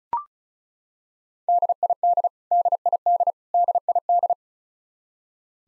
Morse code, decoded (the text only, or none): DID DID DID